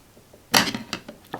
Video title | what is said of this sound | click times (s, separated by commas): Outlaw IRS 500/525 Rear Differential Rebuild | and you'll hear it click in once it goes in there | 0.9 s